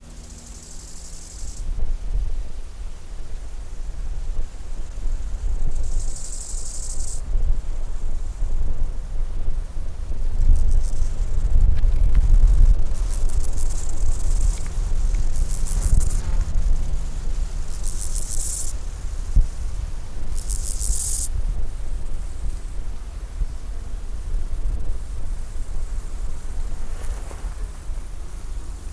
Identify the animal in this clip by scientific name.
Chorthippus biguttulus